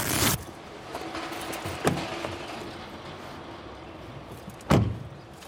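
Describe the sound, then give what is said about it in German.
A car idles with a steady low rumble, broken by sharp clunks of a door at the start, a softer knock midway, and a loud thud near the end. No one speaks. “was für ein Auto kommst du denn angereist?”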